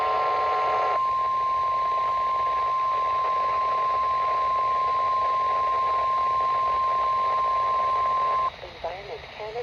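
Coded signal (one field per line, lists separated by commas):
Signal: Emergency Alert System (SAME) tones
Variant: 1050 Hz attention tone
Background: speech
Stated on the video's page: Canadian weather radio Required Weekly Test and Required Monthly Test alert tones.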